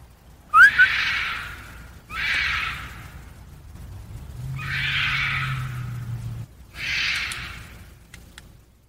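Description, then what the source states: Bobcat hissing: four harsh, breathy bursts separated by short pauses, with a low hum partway through. Found in most U.S. states and most of Canada.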